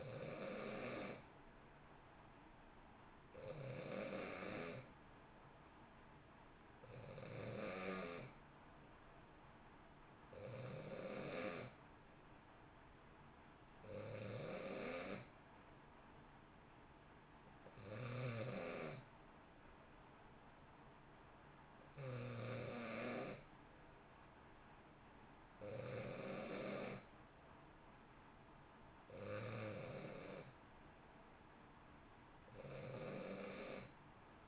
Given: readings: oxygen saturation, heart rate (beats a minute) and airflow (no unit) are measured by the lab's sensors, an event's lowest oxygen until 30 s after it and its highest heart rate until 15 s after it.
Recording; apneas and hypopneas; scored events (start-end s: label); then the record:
breathing in sleep by a voice recorder at the bedside; none
none scored
From the record:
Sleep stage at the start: N2 (light sleep); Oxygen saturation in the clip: 90%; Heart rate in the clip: 59 to 64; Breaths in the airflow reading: 10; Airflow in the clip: -0.9 to 1.1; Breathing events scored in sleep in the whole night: 328 in 6.3 hours asleep